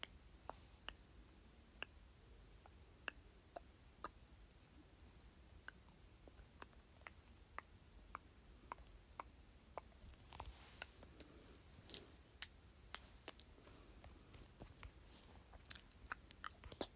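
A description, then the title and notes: Mouth sounds: a run of sharp, wet clicks and smacks, arriving every half second or so through the whole stretch, some bright and crisp. Around the tenth second they thicken into a denser, smacking patch like chewing, over a faint low rumble. ASMR Various Mouth Sounds.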